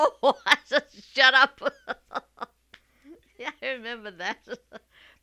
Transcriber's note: she laughs